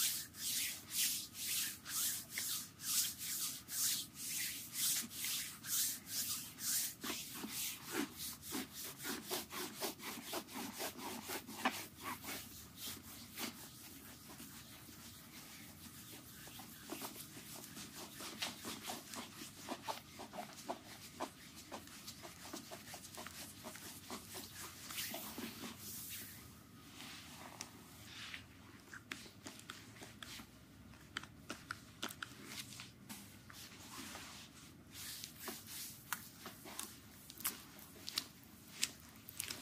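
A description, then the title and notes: Hands rub and knead a foot in a massage, with quick, regular strokes that are loud and dense for the first dozen seconds. Afterwards the rubbing grows softer and sparser, broken by light scratchy taps and clicks. Intense asmr foot relaxing massage. Acupressure technique. Intense foot relaxing massage.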